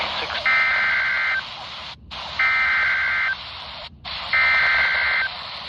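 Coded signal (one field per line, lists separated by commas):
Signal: Emergency Alert System (SAME) tones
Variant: header bursts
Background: speech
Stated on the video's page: Severe thunderstorm warning SAME tones from NOAA weather radio transmitter on 162.500 MHz at Mount Jefferson, NC, received about 82 miles away.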